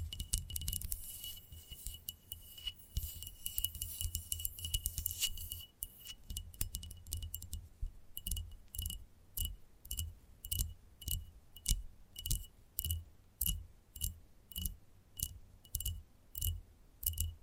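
Gentle tapping, busy and irregular for the first six seconds, with a faint steady ringing tone beneath it. After a short pause, the taps turn crisp and evenly spaced, about two per second, each with a slight metallic ring over a soft low hum.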